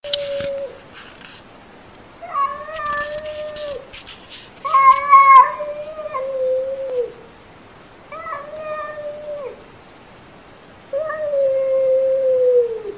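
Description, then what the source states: Cat giving long, complaining meows, several in quick succession and some sliding downward at the end, with brief clicking noises near the start. Unfriendly meowing.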